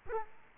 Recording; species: mosquito wingbeat signal from an infrared sensor; Culex quinquefasciatus